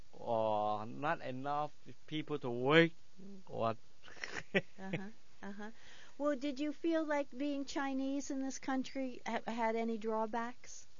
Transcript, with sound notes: or not enough people to work or... ( he laughs )
Uh-huh. Well, did you feel like being Chinese in this country had any drawbacks?